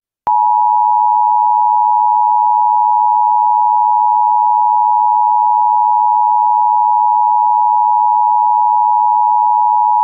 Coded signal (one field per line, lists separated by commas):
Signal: Emergency Alert System (SAME) tones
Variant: 853 and 960 Hz attention tone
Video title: An EAS Scenario on the Hawaii False Alarm